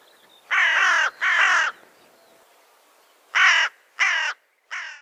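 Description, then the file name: Carrion crow cawing harshly, a pair of long rasping caws followed by a pause and then three shorter caws in quick succession. "Corvus corone"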